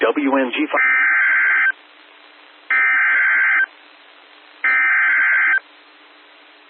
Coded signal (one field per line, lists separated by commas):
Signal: Emergency Alert System (SAME) tones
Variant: header bursts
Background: speech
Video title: Lubbock Messed Up + More | EAS Alerts from July 18th, 2023 (EAS #2911-2933)